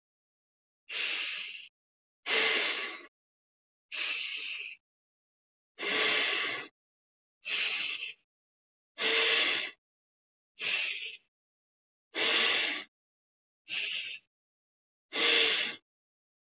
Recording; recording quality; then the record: deep breathing; excellent, no background noise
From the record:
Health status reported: healthy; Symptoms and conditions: none ticked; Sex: male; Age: 49 years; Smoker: not ticked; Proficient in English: yes